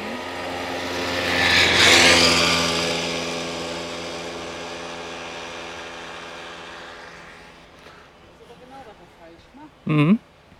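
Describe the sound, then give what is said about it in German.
A moped rides past along a track, its whiny engine drone swelling to a loud peak within two seconds and then slowly fading away, followed by a brief burst of voice near the end. “Fährt der jetzt da mit dem Mofa oder was?”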